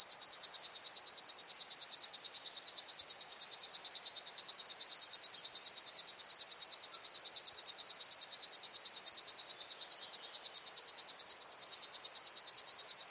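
River warbler singing a long, sustained mechanical reel of rapid ticking pulses, steady in pitch.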